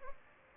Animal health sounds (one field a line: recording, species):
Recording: mosquito wingbeat signal from an infrared sensor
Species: Aedes aegypti